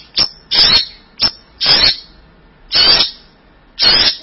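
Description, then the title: Bird calls, harsh buzzy high notes in bursts repeated roughly once a second, the first two each preceded by a short note. "burung online"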